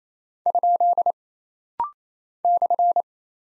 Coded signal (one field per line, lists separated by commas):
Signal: Morse code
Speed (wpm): 27 wpm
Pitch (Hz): 700 Hz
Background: none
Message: ? /